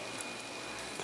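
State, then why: Not seated. A ZIF-style flex-cable connector lock on an old Android phone's mainboard is handled as it is pressed back down during disassembly, giving faint, steady handling noise with small soft ticks near 0.2 and 1.0 seconds. The lock has not yet seated or clicked into place.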